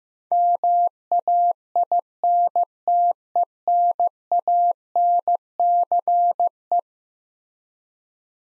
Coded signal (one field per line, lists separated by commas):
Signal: Morse code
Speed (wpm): 15 wpm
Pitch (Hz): 700 Hz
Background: none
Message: MAINTENANCE